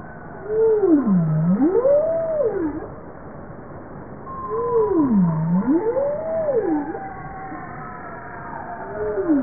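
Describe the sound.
Bowhead whale calls: two low moaning sweeps that fall, rise and waver, about four seconds apart, and the start of a third at the end, with fainter higher tonal lines running underneath.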